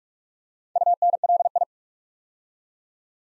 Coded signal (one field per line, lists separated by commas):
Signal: Morse code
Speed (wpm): 44 wpm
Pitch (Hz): 700 Hz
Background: none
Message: UNLI